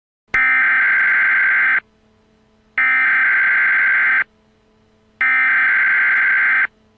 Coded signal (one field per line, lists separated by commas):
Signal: Emergency Alert System (SAME) tones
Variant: header bursts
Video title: Fake North Korea Attack Prank: Emergency Alert System (EAS)